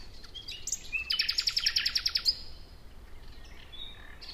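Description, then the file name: Common nightingale phrase: a short whistle, then a rapid run of many loud repeated notes, followed by quieter thin whistles. "Luscinia megarhynchos"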